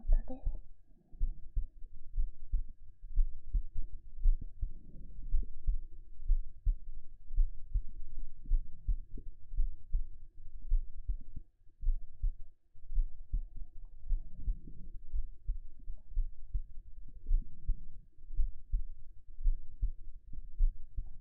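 Dull, low thumps repeat throughout, at roughly 55 a minute, with some uneven spacing and faint rubbing from the microphone against the chest. It is an adult heartbeat heard directly at the chest.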